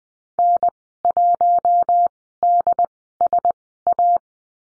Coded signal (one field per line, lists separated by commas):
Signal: Morse code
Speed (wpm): 20 wpm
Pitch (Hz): 700 Hz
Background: none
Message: N1DSA